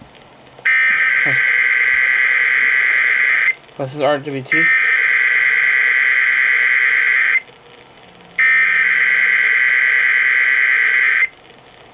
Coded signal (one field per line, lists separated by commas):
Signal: Emergency Alert System (SAME) tones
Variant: header bursts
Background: speech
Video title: Georgia AMBER Alert's on Different Various Stations and RWT's (EAS Alerts: #276 - 284) - 12/1/21